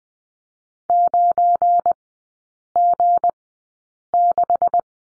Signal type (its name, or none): Morse code